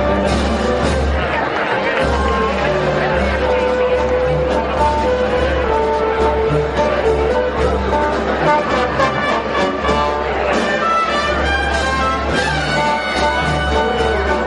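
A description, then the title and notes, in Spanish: Opening of a mixed bullfight at a summer fair, with a dense, steady murmur of crowd chatter filling the arena. Held, brass-like notes from a band sound through it, and a constant low rumble runs underneath at an even loudness. Sonido del comienzo de la corrida mixta de toros en la feria de agosto en Aracena. Banda de Música de El Castillo de las Guardas. Sonido ambiente desde el callejón.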